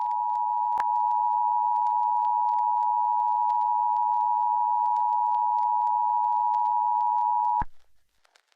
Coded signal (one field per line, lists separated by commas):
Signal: Emergency Alert System (SAME) tones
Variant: 853 and 960 Hz attention tone